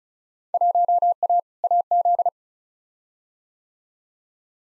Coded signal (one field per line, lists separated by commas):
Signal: Morse code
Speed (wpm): 36 wpm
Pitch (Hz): 700 Hz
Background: none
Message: 1A AZ